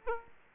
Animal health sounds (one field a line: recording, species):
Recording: mosquito wingbeat signal from an infrared sensor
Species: Aedes aegypti